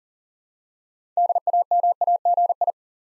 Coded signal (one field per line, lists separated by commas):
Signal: Morse code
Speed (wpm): 42 wpm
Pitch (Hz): 700 Hz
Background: none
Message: DAMAGI